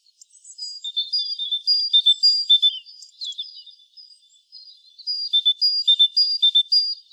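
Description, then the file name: Great tit giving ringing two-note whistles, high then lower, in quick repeated series, with a brief quieter jumble of notes in the middle before the pattern resumes. "Parus major"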